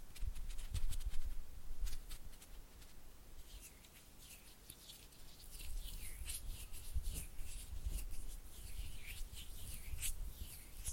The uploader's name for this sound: Oily Hand and Flutter Finger Sounds